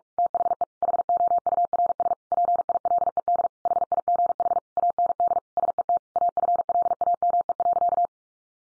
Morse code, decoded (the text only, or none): THE HOURS PILED HIGH AND SET AFLAME.